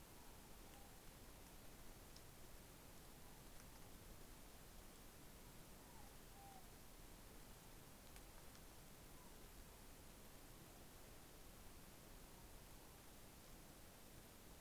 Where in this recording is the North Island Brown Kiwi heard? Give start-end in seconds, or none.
none